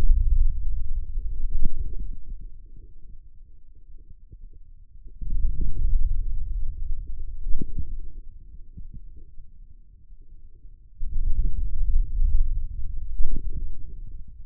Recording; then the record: forearm muscle sounds (acoustic myography)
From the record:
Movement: hand closing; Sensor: system 2, bracelet of six BSWA MPA416 microphones around the upper forearm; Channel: 6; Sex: male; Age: 22 years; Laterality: right